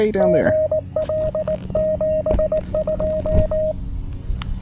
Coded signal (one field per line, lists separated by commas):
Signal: Morse code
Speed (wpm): 19 wpm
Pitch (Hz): 620 Hz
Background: speech, radio noise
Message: GL 72